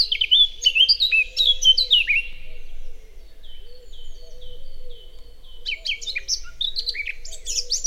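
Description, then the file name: Eurasian blackcap song in two bursts: a loud fluty whistled phrase opening, a pause of quieter notes, then a second bright warbling flourish, over a faint low hum. "Sylvia atricapilla"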